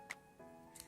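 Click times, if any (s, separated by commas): none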